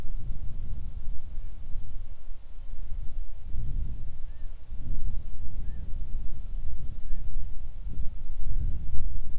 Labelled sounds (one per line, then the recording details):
bird
wind
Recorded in the Arctic National Wildlife Refuge, Alaska, on 6 July 2019 at 00:12
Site 39